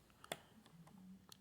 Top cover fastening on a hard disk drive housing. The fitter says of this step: all right as long as you hear clicking that means it's um disengaged now